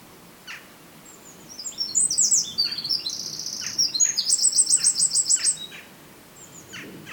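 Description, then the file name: Eurasian wren song: a loud, rapid, very high-pitched outpouring of trills and twittering notes lasting about four seconds, ending in a fast rattling trill, with scattered sharp notes around it. "Troglodytes troglodytes"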